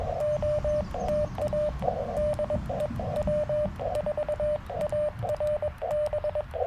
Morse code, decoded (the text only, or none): OTA DE W4ARB